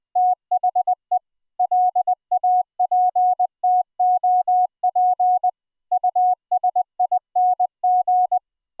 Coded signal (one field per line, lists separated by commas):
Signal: Morse code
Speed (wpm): 20 wpm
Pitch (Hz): 730 Hz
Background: none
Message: THE LAPTOP USING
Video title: Full Duplex CW MiDi Over iP QSO using Gstreamer on a Private ZeroTier network - Live DEMO